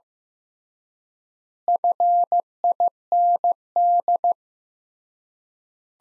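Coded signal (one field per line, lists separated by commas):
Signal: Morse code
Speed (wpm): 15 wpm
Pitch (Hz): 700 Hz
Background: none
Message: FIND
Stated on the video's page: Morse practice sentences at 15 wpm with 3x standard word spacing, a word-based method analogous to Farnsworth.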